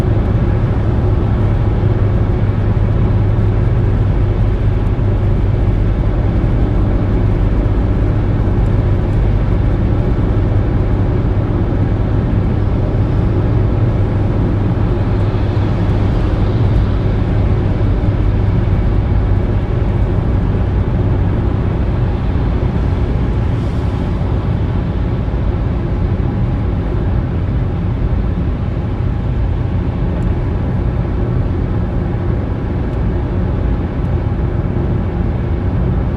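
A steady, dense drone from inside a small car on the move, heavy in the low end with a constant engine hum and road rumble. The level barely changes over the half minute, with a faint brighter swell around fifteen seconds and a slight drop near twenty-four.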